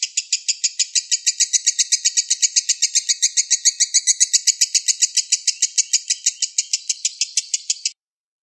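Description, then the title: Oriental magpie-robin song: a fast, steady run of sharp, high chattering notes, continuing for about eight seconds before stopping abruptly. "Kicau Kacer"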